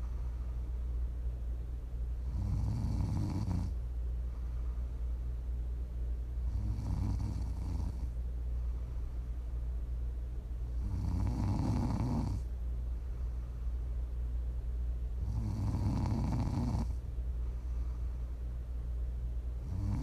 Prime ASMR snoring. You can listen to sleep, to relax, to wind down.